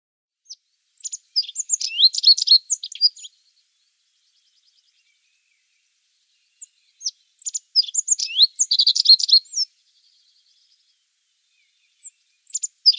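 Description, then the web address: Rock bunting song: two hurried, high, tinkling phrases about six seconds apart, each opening with a few thin ticks and ending in a rapid jingle; a third begins. "Schulze Peter Rock Bunting song"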